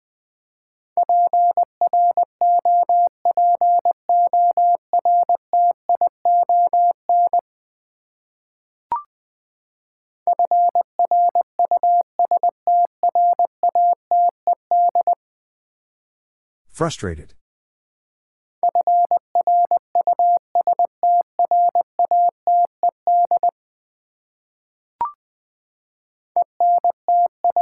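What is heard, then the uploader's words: A Morse code message beeps out as a steady mid-pitched tone, keyed in quick dots and dashes over three long runs separated by pauses. Near the middle a short scraping burst cuts in, and two faint clicks fall in the gaps. Ten Letter Words - 20wpm. First, the word is sent in Morse code.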